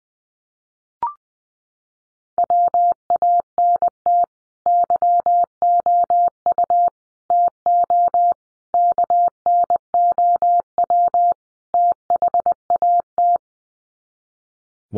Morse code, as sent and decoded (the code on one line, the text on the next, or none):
.-- .- -. - / -.-- --- ..- / - --- / -.- -. --- .-- / - .... .- -
WANT YOU TO KNOW THAT